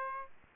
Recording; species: mosquito wingbeat signal from an infrared sensor; Aedes aegypti